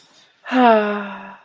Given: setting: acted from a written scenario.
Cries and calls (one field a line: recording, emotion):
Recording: vocal sound without words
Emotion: serenity